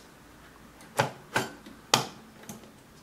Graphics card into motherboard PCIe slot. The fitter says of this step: dann drückt man das ganze rein und zwar so dass es dass man hört dass es einrastet